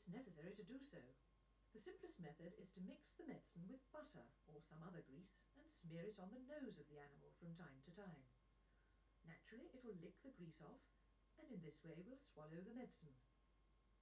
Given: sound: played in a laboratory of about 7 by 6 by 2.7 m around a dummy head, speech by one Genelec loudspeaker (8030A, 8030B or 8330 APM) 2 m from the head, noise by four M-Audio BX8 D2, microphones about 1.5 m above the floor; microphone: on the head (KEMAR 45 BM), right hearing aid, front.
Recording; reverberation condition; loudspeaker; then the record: female speech in English; low; 150 degrees to the left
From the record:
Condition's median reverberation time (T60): about 310 ms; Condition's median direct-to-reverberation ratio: about 3.5 dB